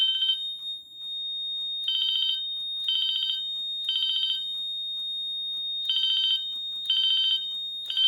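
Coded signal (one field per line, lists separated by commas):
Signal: alarm pattern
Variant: ANSI temporal-3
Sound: harsh buzzing horn sounding three half-second blasts, pause, then repeating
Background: steady high-pitched whine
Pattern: temporal three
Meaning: Fire alarm evacuation signal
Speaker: So that's what it sounds like for bell code 3.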